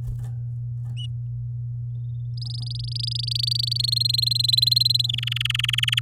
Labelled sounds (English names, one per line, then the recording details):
Domestic Canary song
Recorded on 10 May 2018 at 09:57
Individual llb16